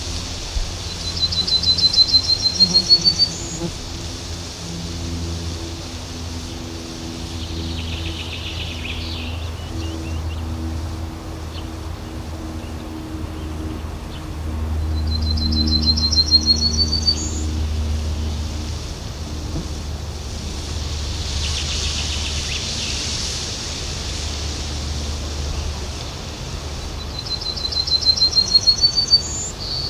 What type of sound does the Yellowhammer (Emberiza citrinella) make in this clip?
song